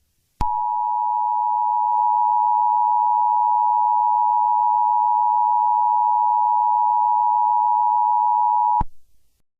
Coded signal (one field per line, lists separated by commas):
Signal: Emergency Alert System (SAME) tones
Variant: 853 and 960 Hz attention tone